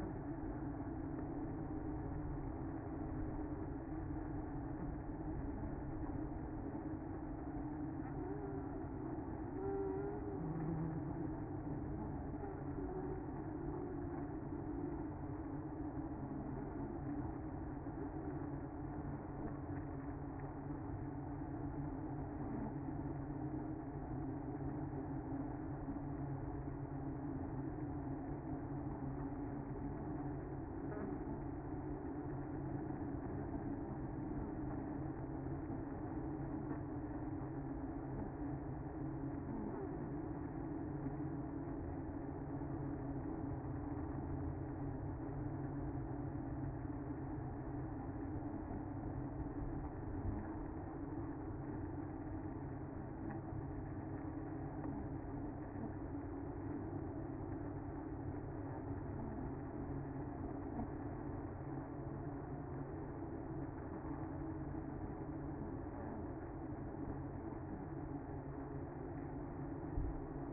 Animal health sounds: honeybee colony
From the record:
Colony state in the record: active

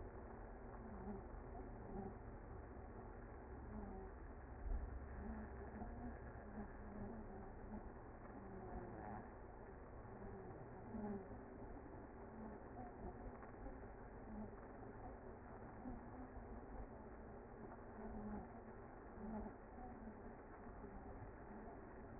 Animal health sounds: honeybee colony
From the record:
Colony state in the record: active

